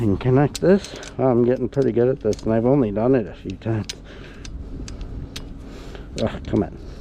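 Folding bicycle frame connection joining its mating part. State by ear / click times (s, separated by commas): not seated / none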